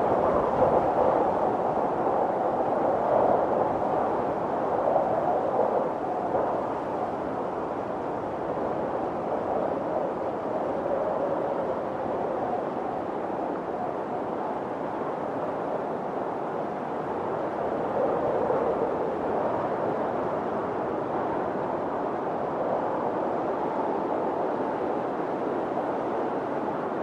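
Soft snowstorm winds blow through countryside trees in a steady, dense rush, centered in the low-middle range, with gentle swells that never drop away.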